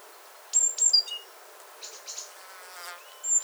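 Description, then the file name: Great tit calls: thin high whistled notes dropping sharply in pitch, a few brief buzzy sounds, quiet background. "Parus major"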